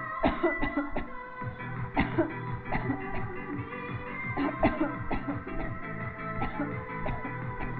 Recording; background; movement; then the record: voluntary coughing; music; sitting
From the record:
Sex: female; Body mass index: 22.6 kg/m2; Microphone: on the chest, facing the body